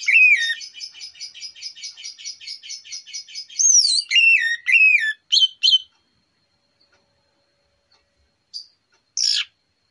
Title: Pancingan Anis Merah Plong Santai Pagi Hari